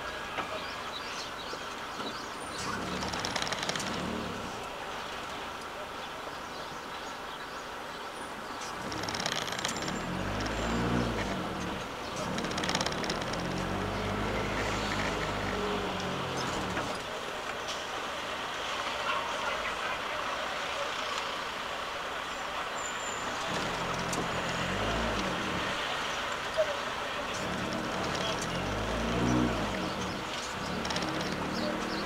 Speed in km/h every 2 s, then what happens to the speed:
0, 5, 1, 0, 7, 8, 15, 12, 1, 0, 0, 0, 4, 5, 9, 12.
4-6 standing. 6-12 pulls away to 15. 12-16 brakes to 1. 16-22 standing. 22-32 pulls away to 12.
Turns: none.